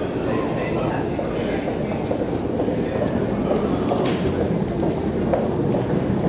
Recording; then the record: background sound without coughing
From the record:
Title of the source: 40 min - Ambience sounds UNIVERSITY lunchroom chatting